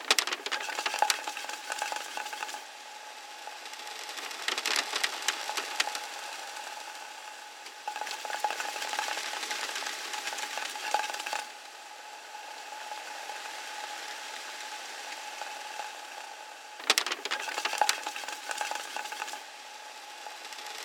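Scrunched paper rolls around inside a plastic container in dense rustling bursts, louder around the start, middle and near eighteen seconds, with a faint steady tone beneath.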